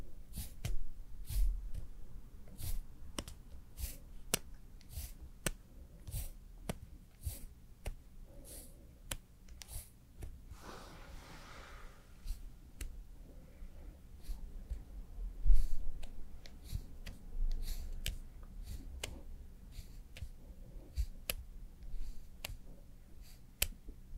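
Makeup and hair styling sounds: frequent light clicks and taps throughout, a brief soft rustling swell near eleven seconds, with low steady hum beneath.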